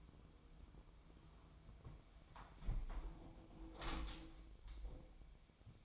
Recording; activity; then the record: daily activity, microphone in the room; close window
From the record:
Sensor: 1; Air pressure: 1006.5 hPa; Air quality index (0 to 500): 209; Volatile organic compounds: 24 ppm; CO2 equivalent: 2812 ppm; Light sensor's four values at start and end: 12/31/12/14 and 12/30/12/13